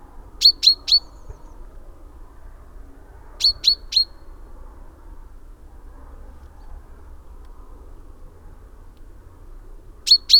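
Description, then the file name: Common chaffinch calls: short, sharp, metallic notes given in quick bursts of three, with long pauses between bursts, over a faint low background hum. "Fringilla coelebs"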